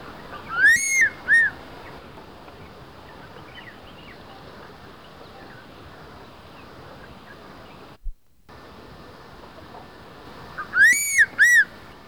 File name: Crested serpent eagle call recorded in March 2000 at Palsamba, Kolhapur